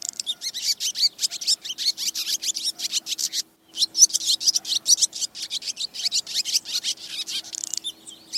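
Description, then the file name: Swallows twittering in a dense flock, rapid high chirps overlapping continuously with one brief pause midway, a faint steady low hum beneath. Swallows calling the flock together. "Tieng En goi bay"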